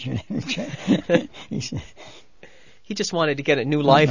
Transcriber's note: they laugh